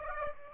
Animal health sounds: mosquito wingbeat signal from an infrared sensor; Aedes aegypti

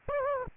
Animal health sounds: mosquito wingbeat signal from an infrared sensor; Aedes aegypti

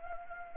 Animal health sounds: mosquito wingbeat signal from an infrared sensor; Anopheles gambiae

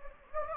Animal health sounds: mosquito wingbeat signal from an infrared sensor; Anopheles gambiae

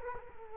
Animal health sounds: mosquito wingbeat signal from an infrared sensor; Culex quinquefasciatus

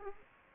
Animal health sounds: mosquito wingbeat signal from an infrared sensor; Aedes aegypti

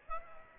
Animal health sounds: mosquito wingbeat signal from an infrared sensor; Aedes aegypti

